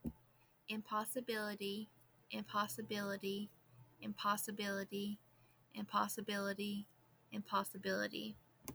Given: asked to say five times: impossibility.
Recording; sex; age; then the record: repeated word; female; 20 to 29 years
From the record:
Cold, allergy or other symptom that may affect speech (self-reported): no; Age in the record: 25 years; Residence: North Carolina, United States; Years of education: 16